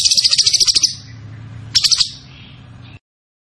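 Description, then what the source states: Zebra finch song: two quick bursts of high, rapid pulsed notes, the second shorter, over a low background hum. Master recording for training cage birds; the bird is described as gacor (singing constantly).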